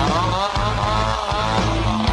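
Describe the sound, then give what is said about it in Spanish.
A motorcycle engine revs loudly and steadily in an advertisement for motorcycle tuning and repair, its buzzing harmonic drone rising and dipping slightly in pitch over a couple of seconds, with no talking. “Afinamos tu moto como un instrumento musical.”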